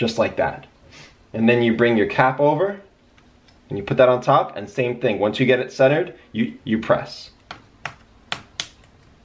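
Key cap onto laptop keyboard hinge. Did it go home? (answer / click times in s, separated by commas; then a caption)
yes / 8.3 s, 8.6 s. A plastic key cap is centered over the hinge clip of a small key on a Lenovo ThinkPad laptop keyboard and pressed down until it snaps on. Someone talks through the first part, then a series of sharp snaps follows near the end, with the key cap snapping into place at 8.3 and 8.6 seconds. The key cap is seated.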